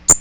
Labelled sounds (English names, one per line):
Magnolia Warbler flight call